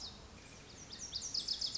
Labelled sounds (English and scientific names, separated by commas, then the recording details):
Lazuli Bunting (Passerina amoena)
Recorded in Sonoma County, California